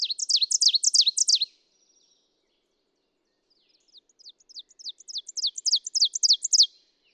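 Ovenbird delivering two songs: the loud climax of one, a silence, then another building from soft chips to strong, rhythmic repeated phrases.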